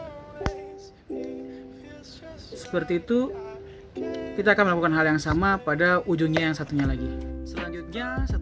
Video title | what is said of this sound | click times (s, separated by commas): Pembuatan dan pengujian Kabel Stright, Crossover dan Rollover | kita crimping sampai terdengar bunyi klik seperti | 0.5 s